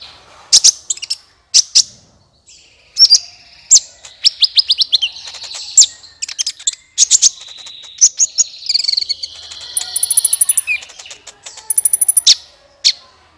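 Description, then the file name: Olive-backed Sunbird twittering: high chirps and buzzy trills in uneven bursts, with a longer warbled stretch and thin high whistles toward the end. "suara kolibri ninja"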